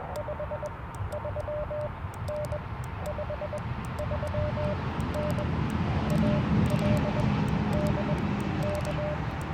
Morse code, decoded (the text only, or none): 53N 53N AL DK